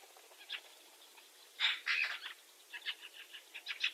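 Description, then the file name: Eurasian magpie making rough, rasping chatter, a louder cluster of harsh notes midway followed by quicker, softer scratchy notes toward the end, over low hiss. "Pica pica"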